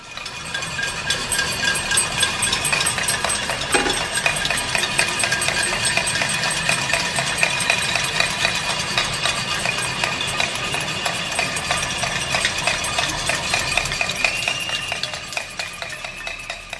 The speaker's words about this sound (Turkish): Evet, İstanbul'un her köşesinden tencere tava sesleri yükseldi. Yükselmeye devam ediyor mu bilmiyorum ama ciddi bir tepki vardı.